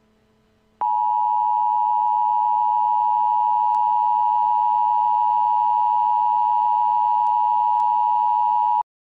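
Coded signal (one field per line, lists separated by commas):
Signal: Emergency Alert System (SAME) tones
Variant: 853 and 960 Hz attention tone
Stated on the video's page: Self-made fictional EAS scenario; the alert is simulated.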